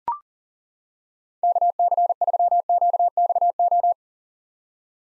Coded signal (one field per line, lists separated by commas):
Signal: Morse code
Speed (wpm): 40 wpm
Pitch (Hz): 700 Hz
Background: none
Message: KC3QXO